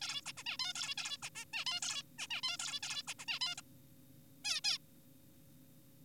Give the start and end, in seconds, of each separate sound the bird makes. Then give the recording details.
0.02-0.21, 0.26-0.33, 0.37-0.44, 0.47-0.57, 0.60-0.73, 0.75-0.95, 0.98-1.17, 1.23-1.30, 1.36-1.45, 1.53-1.65, 1.67-1.80, 1.82-2.02, 2.19-2.27, 2.31-2.41, 2.43-2.57, 2.60-2.80, 2.83-3.02, 3.08-3.14, 3.19-3.25, 3.28-3.39, 3.41-3.55, 3.58-3.62, 4.45-4.61, 4.64-4.78. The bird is an adult. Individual g4p5U